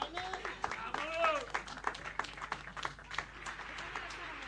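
An audience applauds with dense, irregular clapping for several seconds, mixed with a few rising shouts and whoops from the crowd, the clapping staying fairly steady throughout.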